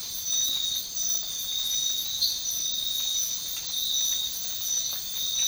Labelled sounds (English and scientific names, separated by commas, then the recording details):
none
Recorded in dense forest near Puerto Asís, Putumayo, Colombia, on 12 March 2025 at 05:00
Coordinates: 0.500, -76.322
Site GP06